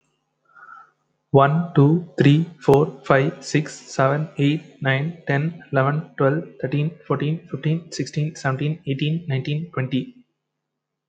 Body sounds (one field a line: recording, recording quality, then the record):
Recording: counting at a fast pace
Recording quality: excellent, no background noise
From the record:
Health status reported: healthy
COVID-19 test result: negative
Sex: male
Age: 31 years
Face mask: not worn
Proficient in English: yes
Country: India